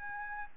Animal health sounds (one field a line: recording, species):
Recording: mosquito wingbeat signal from an infrared sensor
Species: Aedes albopictus